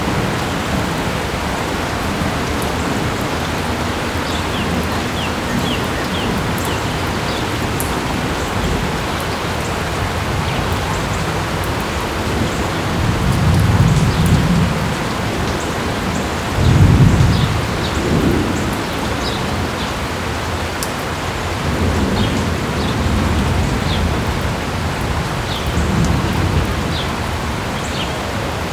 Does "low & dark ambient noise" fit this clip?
no